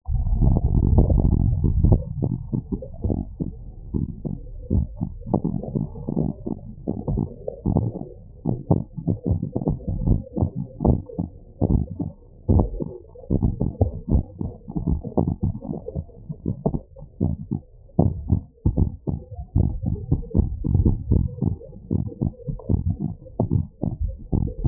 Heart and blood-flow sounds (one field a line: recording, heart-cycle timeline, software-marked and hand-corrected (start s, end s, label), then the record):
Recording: heart sounds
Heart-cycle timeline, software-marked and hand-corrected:
0.00	10.86	noise
10.86	11.00	S1
11.00	11.16	systole
11.16	11.26	S2
11.26	11.68	diastole
11.68	11.82	S1
11.82	11.98	systole
11.98	12.08	S2
12.08	12.50	diastole
12.50	12.68	S1
12.68	12.86	systole
12.86	12.96	S2
12.96	13.40	diastole
13.40	13.52	S1
13.52	13.66	systole
13.66	13.74	S2
13.74	14.12	diastole
14.12	14.24	S1
14.24	14.42	systole
14.42	14.50	S2
14.50	14.88	diastole
14.88	15.00	S1
15.00	15.16	systole
15.16	15.26	S2
15.26	15.70	diastole
15.70	15.80	S1
15.80	15.96	systole
15.96	16.04	S2
16.04	16.46	diastole
16.46	16.56	S1
16.56	16.72	systole
16.72	16.80	S2
16.80	17.22	diastole
17.22	17.34	S1
17.34	17.50	systole
17.50	17.60	S2
17.60	18.04	diastole
18.04	18.14	S1
18.14	18.30	systole
18.30	18.40	S2
18.40	18.76	diastole
18.76	18.90	S1
18.90	19.08	systole
19.08	19.18	S2
19.18	19.60	diastole
19.60	19.74	S1
19.74	19.88	systole
19.88	20.00	S2
20.00	20.36	diastole
20.36	20.48	S1
20.48	20.64	systole
20.64	20.74	S2
20.74	21.10	diastole
21.10	21.26	S1
21.26	21.42	systole
21.42	21.56	S2
21.56	21.92	diastole
21.92	22.04	S1
22.04	22.20	systole
22.20	22.30	S2
22.30	22.70	diastole
22.70	22.84	S1
22.84	23.02	systole
23.02	23.12	S2
23.12	23.52	diastole
23.52	23.66	S1
23.66	23.84	systole
23.84	23.96	S2
23.96	24.38	diastole
24.38	24.50	S1
24.50	24.64	systole
24.64	24.68	S2
From the record:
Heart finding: abnormal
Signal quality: good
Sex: male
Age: 54 years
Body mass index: 28.3